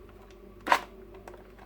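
A plastic F10555 upgrade kit body part is pushed onto the shell of a Stryfe toy foam blaster, giving a loud, sharp snap at 0.7 s as it locks in place. A faint tick follows at about 1.3 s over low background noise, and the part is seated.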